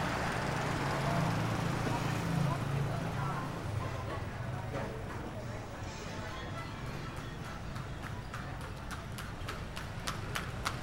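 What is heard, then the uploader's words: A busy small street, with a motor engine droning low and loud through the first four seconds before easing away. From about six seconds on, sharp, regular hoof clops from a horse carriage ring out more and more clearly over the steady street noise and scattered voices. Small street in Yogyakarta. Recorded in the outskirts of Jakarta. Motorbikes and cars passing. In the middle of this noise horse carriage approaching.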